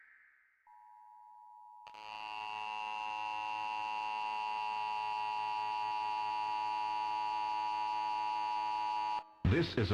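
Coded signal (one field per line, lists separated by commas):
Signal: Emergency Alert System (SAME) tones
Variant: 853 and 960 Hz attention tone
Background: speech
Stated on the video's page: TV station EAS anomaly during a TeleBLUE test.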